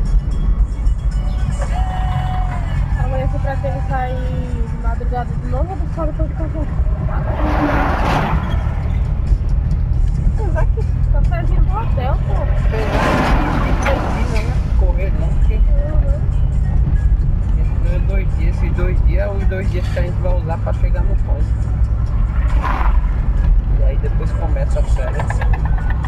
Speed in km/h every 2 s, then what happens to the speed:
26, 26, 23, 22, 22, 26, 28, 29, 31, 33, 34, 33, 32.
0-8 steady at about 23. 8-18 speeds up to 33. 18-26 steady at about 33.